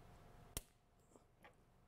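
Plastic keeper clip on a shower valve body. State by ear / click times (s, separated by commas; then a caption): seated / 0.6 s. A small plastic keeper clip is pressed onto a shower valve body and snaps into place with a sharp, bright click at 0.6 s. A fainter, softer tick follows around 1.5 s, and the clip is seated.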